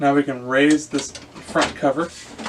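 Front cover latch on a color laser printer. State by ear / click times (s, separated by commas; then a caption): not seated / none. Someone talks while starting to raise the front cover of an HP CM1415 color laser printer to close it after the toner cartridges have been replaced, with faint handling sounds under the speech. The clip ends before the cover's latch clicks and locks; nothing has seated yet.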